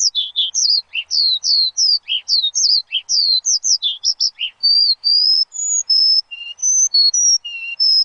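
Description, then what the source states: Bird song, a rapid run of clear whistled and slurred notes between roughly mid and high pitch, some dipping lower, continuing without pause. Bird chirping used to train pet birds.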